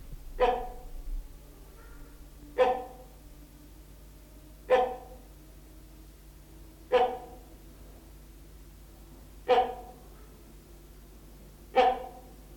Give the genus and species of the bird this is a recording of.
Buceros bicornis